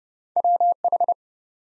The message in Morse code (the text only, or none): WH